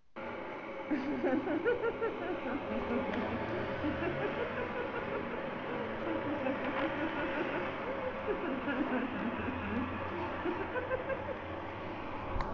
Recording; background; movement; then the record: laughter; traffic; sitting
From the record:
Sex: female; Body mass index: 36.4 kg/m2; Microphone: on the chest, facing outward